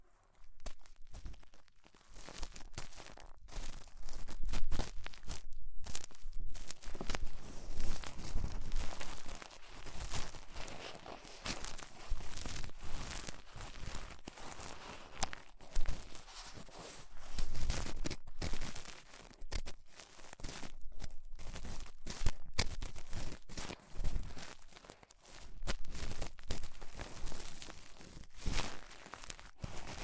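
Ear cleaning with rhinestone and clay removal: a continuous run of crinkly, crackling scratches and soft tearing sounds. The textures stay dense and uneven for the whole stretch, with frequent short bursts and brief gaps, reaching from low rustle to bright, hissy crackle.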